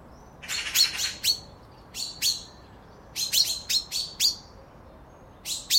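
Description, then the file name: Common chaffinch giving sharp, metallic call notes, repeated in quick bursts of two to five, with short pauses between groups. "Fringilla coelebs"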